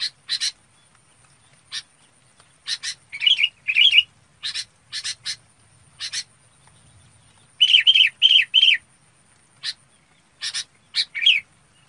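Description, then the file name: Red-whiskered bulbul calls mixing sharp rasping notes with loud, rolling warbled chirps, several of the warbles in a run. Calling the flock. "Tieng chao mao bong goi bay"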